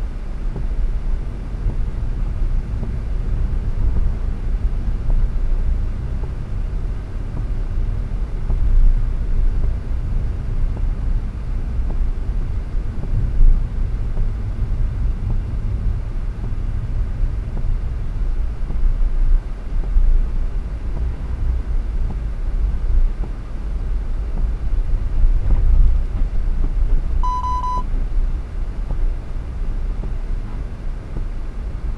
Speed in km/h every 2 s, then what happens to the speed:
50, 47, 47, 47, 44, 43, 39, 34, 34, 40, 44, 46, 48, 47, 46, 43.
0-14 slows to 34. 16-23 speeds up to 48.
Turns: none.